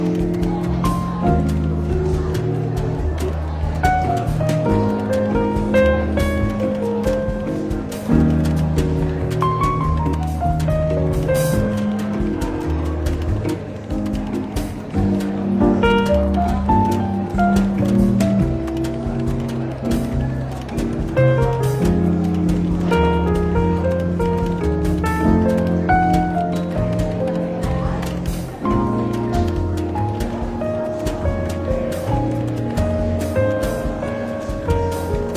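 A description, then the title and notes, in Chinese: Soft jazz plays in a bookshop café, walking bass notes and mellow chords changing every few seconds at a steady, even level. A faint murmur of conversation and light clinks sit beneath the music throughout. 伦敦书店咖啡馆轻微喧闹氛围与柔和轻松的爵士背景音乐。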